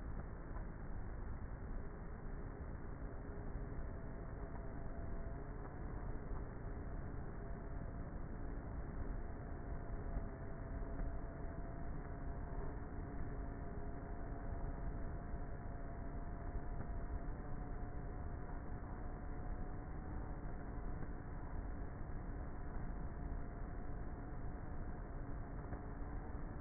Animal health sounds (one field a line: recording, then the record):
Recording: honeybee colony, microphone inside the hive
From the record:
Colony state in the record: queenless with a low population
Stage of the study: before two queens were removed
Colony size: about 30,000 bees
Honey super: no